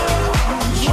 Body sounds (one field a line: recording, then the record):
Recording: coughing mixed with background sound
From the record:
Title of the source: female coughing - coughing sound effects girl